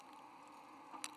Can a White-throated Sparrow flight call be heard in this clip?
no